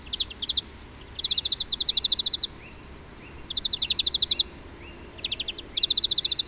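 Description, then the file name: European greenfinch delivering fast dry trills in several runs, each a rapid string of high notes, with faint rising notes in the gaps. "Chloris chloris"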